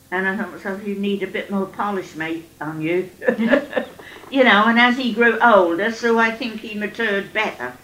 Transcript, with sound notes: And I thought to myself, you need a bit more polish [mate?] on you. [laughs] You know. And as he grew older, so I think he matured better.